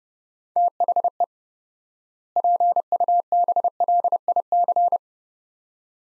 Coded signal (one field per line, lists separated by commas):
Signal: Morse code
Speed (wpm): 31 wpm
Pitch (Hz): 700 Hz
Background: none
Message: THE PUBLIC